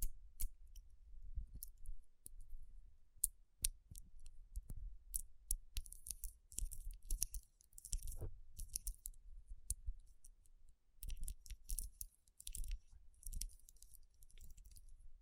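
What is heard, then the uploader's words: Fingers tap and rub over rhinestone-covered palms, making quick irregular clicks spread across the whole clip. Between about 6 and 9 seconds and again after 11 seconds, bursts of bright scratchy rubbing fill in around the taps, over a soft low rumble underneath. Tapping & Rubbing Rhinestone Covered Palms.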